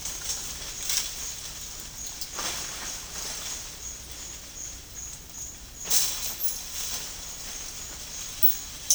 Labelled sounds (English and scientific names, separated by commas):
none